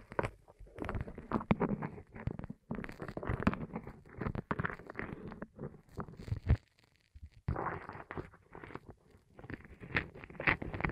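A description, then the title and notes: ASMR rolling sounds: dense, irregular crackling and rubbing in bursts, with short silent gaps near three, six and seven seconds. ASMR Rolling On Your Ears (No Talking).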